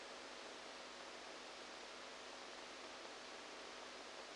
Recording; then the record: brain microelectrode recording played as sound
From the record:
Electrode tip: outside the subthalamic nucleus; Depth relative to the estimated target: -10 mm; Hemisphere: right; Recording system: NeuroSet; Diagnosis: Parkinson's disease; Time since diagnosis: 14 years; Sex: male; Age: 51 years